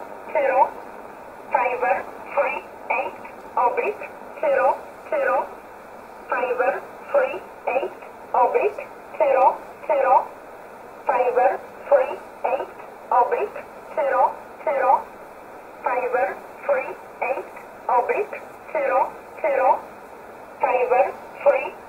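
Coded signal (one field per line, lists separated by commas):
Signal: numbers station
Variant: E11 Oblique, English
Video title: 07 08 2019 E11 Oblique Numbers station in English 0901 on 7449 unknown tx site in USB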